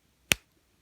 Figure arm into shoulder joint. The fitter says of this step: A very nice solid click.